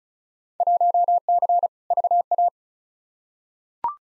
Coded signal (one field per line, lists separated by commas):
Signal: Morse code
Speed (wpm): 34 wpm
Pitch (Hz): 700 Hz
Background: none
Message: 1C VA